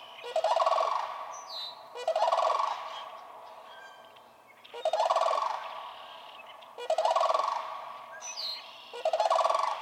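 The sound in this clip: Sandhill crane giving loud rolling, rattling bugles in five bursts, each harsh and vibrating, with quieter sounds between.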